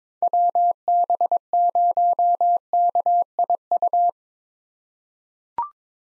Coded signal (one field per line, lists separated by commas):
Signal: Morse code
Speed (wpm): 21 wpm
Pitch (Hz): 700 Hz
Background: none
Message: WB0KIU